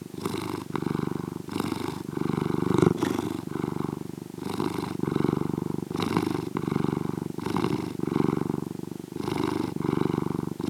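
Domestic cat purring: a steady low pulsed rumble, rising and falling with each breath.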